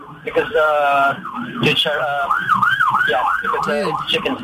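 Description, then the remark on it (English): An ambulance siren wails in rising and falling sweeps, shifting from a steady tone to a rapid yelp, loud and continuous with some street noise beneath. “I'm sorry, that's an ambulance taking somebody who's eating all the clogged artery.”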